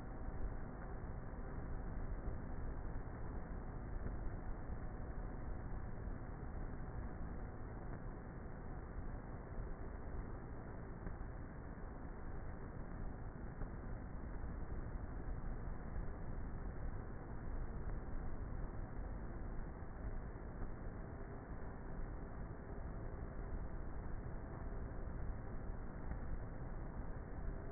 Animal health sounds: honeybee colony, microphone inside the hive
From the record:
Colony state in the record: queenless with a low population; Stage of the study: before two queens were removed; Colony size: about 30,000 bees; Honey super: no

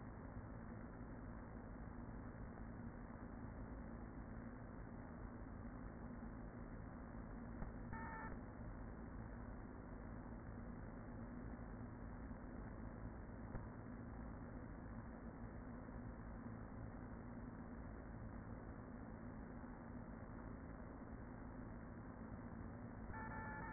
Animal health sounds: honeybee colony, microphone inside the hive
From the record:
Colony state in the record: queen present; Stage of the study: after two queens were removed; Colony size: about 40,000 bees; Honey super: no

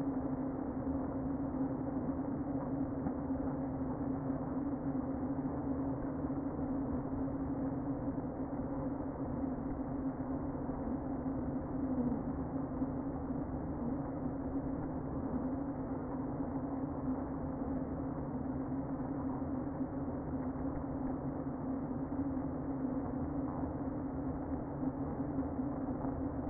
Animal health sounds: honeybee colony, microphone inside the hive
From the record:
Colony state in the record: queen present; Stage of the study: before two queens were removed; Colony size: about 60,000 bees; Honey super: yes

